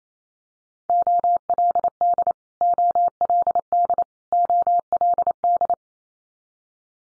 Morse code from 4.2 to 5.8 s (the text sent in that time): OLD